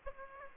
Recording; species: mosquito wingbeat signal from an infrared sensor; Aedes aegypti